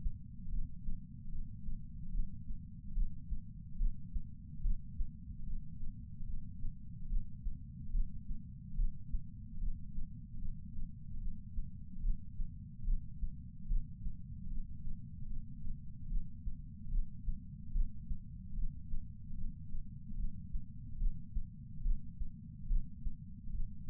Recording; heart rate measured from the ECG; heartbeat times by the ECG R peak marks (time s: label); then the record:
heart sounds by patch sensor on the chest; 73 bpm
0.49 s: heartbeat
1.29 s: heartbeat
2.10 s: heartbeat
2.93 s: heartbeat
3.77 s: heartbeat
4.61 s: heartbeat
5.44 s: heartbeat
6.25 s: heartbeat
7.08 s: heartbeat
7.91 s: heartbeat
8.75 s: heartbeat
9.59 s: heartbeat
10.39 s: heartbeat
11.18 s: heartbeat
12.01 s: heartbeat
12.84 s: heartbeat
13.67 s: heartbeat
14.48 s: heartbeat
15.27 s: heartbeat
16.08 s: heartbeat
16.89 s: heartbeat
17.72 s: heartbeat
18.54 s: heartbeat
19.35 s: heartbeat
20.15 s: heartbeat
20.98 s: heartbeat
21.82 s: heartbeat
22.67 s: heartbeat
23.51 s: heartbeat
From the record:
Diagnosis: coronary artery disease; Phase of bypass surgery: preoperative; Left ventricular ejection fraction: 32.2%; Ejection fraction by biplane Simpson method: 32%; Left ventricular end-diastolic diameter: 64 mm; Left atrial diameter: 40 mm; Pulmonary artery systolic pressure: 18 mmHg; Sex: male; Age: 49 years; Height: 175 cm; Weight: 80 kg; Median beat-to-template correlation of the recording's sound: 0.84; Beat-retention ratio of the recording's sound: 1.00